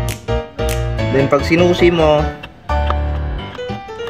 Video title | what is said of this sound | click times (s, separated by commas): Upuan Problems. ayaw gumana susi. di makapag gas? Problem solved. | ala, ayaw talaga, nagpaloko talaga. | none